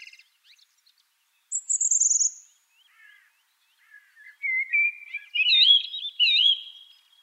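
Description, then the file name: Song thrush singing in short, separated phrases: a high thin slurred note, soft low twitters, then brighter warbled whistles toward the end, with quiet gaps between. "suara-kicauan-burung-song-thrush -omkicau"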